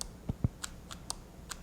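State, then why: Not seated. A .22 magazine is pushed straight up into the frame of a Smith and Wesson M&P 22 Compact pistol without sliding its base forward, so the magazine catch does not engage. Two low thumps land near 0.3 and 0.4 seconds, with short, bright ticks at about 0.0, 0.6, 0.9, 1.1 and 1.5 seconds. The magazine has not caught or clicked into place yet.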